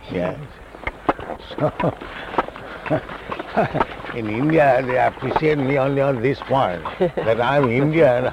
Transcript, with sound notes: Yes. So, [chuckles] in India they appreciate me only on this point, that I am Indian;